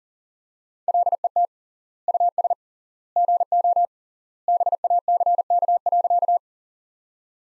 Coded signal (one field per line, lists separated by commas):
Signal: Morse code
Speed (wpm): 40 wpm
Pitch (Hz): 700 Hz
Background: none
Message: LET US GO BACK.